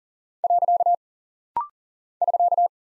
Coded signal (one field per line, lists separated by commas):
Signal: Morse code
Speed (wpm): 39 wpm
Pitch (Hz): 700 Hz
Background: none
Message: . <SK>